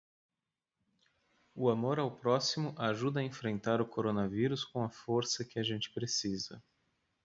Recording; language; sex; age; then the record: spoken sentence; Brazilian Portuguese; male; 30 to 39 years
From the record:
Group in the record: control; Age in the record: 38 years